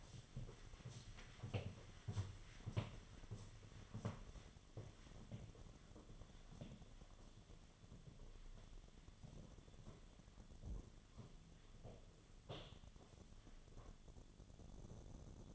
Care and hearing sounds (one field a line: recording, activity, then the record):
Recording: daily activity, microphone in the room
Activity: walk to room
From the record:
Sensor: 4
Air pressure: 1011.0 hPa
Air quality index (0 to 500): 161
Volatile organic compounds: 4 ppm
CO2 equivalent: 1647 ppm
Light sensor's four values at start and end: 42/119/48/50 and 44/125/50/52